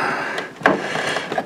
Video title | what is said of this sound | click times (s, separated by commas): How to Install a Motherboard | plugs right down in you hear that little click | 0.7 s